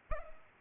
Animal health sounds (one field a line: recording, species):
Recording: mosquito wingbeat signal from an infrared sensor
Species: Culex pipiens